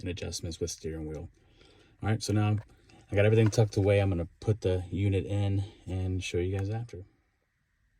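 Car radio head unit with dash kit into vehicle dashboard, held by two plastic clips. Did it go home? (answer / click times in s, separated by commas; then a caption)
no / none. Someone talks while a touchscreen car radio head unit with its dash kit is handled by a Toyota Highlander dashboard opening, where it will be held by two yellow plastic clips without screws. Nothing has seated or clicked yet, and the speech ends around 7 seconds, followed by near silence.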